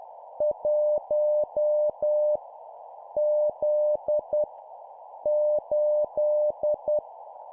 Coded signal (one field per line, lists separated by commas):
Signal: Morse code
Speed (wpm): 10 wpm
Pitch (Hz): 600 Hz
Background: none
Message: 1 Z 8